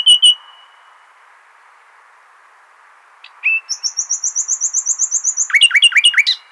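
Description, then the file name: Common nightingale song with a brief opening note, a long silence, then a high rapid series of repeated whistled notes ending in sharp swooping chirps. "Luscinia megarhynchos"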